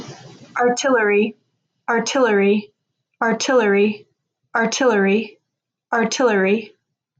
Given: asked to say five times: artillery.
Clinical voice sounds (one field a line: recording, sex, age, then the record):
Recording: repeated word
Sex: female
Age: 20 to 29 years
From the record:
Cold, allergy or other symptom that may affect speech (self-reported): no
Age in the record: 26 years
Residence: California, United States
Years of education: 16